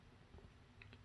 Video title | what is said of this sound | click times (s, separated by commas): Everbilt Closet Organizer System | and you're gonna hear it lock into place as for the hanging rods | 0.8 s, 0.9 s